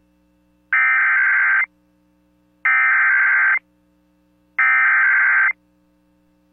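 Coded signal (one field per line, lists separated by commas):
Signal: Emergency Alert System (SAME) tones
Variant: header bursts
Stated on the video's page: Severe Thunderstorm Warning relayed on an AM station and an FM station.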